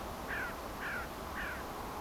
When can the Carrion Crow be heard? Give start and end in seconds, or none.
0.27-0.51, 0.80-1.03, 1.34-1.56